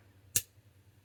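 The saw blade of a Wenger Lumberjack Basic 66 slipjoint pocket knife snaps into position against its backspring in the handle, giving one sharp, bright click at 0.4 s over a low steady hum. The blade seats firmly with a really snappy action.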